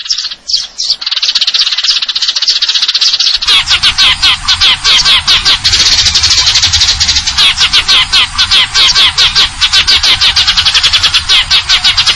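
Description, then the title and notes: Eurasian tree sparrow giving fast high chirps, then a long, fast, evenly pulsed trill of sharp notes runs on, with a low hum underneath. Fighting call (tarung) with long trills (nembak panjang); clear-sound masteran training recording intended for contest birds. "GEREJA TARUNG NEMBAK PANJANG SUARA JERNIH MASTERAN WAJIB BURUNG LOMBA. Burung Gereja"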